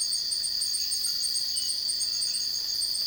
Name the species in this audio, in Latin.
none